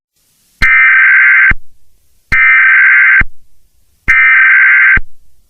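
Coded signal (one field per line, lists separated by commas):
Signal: Emergency Alert System (SAME) tones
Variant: header bursts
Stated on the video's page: Fictional EAS scenario.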